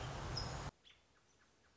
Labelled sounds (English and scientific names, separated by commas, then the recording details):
American Robin (Turdus migratorius)
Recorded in Sonoma County, California